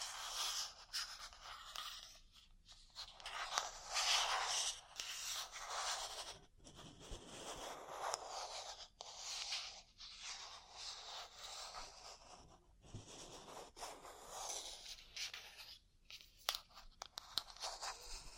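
Ear cleaning and massage sounds: continuous bright scratching and rubbing with uneven bursts, brief silent gaps near 6.5, 12.5 and 16 seconds.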